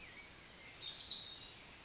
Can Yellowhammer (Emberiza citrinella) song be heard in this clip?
no